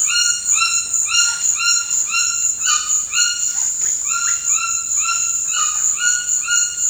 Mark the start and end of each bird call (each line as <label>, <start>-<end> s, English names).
White-throated Toucan, 0.00-6.90 s